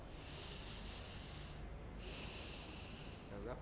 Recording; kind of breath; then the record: one breath in and out by a microphone near the nose and mouth; deep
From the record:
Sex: male